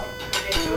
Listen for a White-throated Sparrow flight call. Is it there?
no